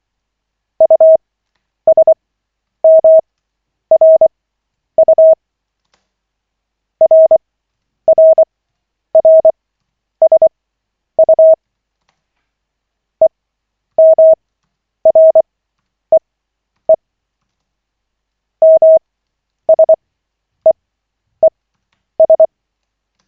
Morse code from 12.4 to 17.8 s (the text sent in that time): EMREE